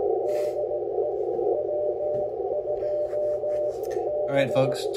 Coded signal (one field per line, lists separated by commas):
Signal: Morse code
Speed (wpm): 17 wpm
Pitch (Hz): 600 Hz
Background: speech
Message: DE W2 B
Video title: Working SKCC member Glenn in NC W2BX NR 27599T